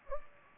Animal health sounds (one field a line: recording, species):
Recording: mosquito wingbeat signal from an infrared sensor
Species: Anopheles gambiae